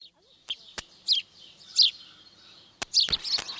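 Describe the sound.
House Sparrow chirps: a few short, bright chips spaced irregularly, with sharp clicking taps cutting in between.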